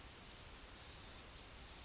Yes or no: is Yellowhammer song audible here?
no